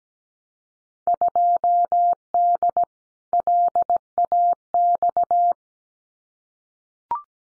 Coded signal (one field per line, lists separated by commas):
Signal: Morse code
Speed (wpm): 17 wpm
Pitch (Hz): 700 Hz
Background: none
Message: 2D LAX